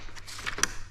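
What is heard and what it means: A plastic trim piece is pressed onto the OEM front grille of a 2023 Ranger while installing Dynamic Grille Lights, with each clip clicked into the grille along its length. After some softer rubbing and tapping, a sharp, bright click lands at 0.6 s. The trim clips are seated home in the grille.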